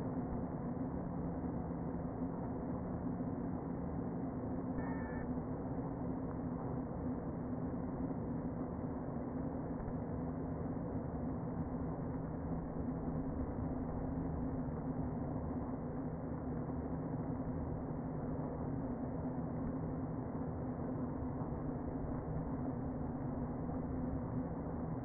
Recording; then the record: honeybee colony, microphone inside the hive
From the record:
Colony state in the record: queen present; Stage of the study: before two queens were removed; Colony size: about 60,000 bees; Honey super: yes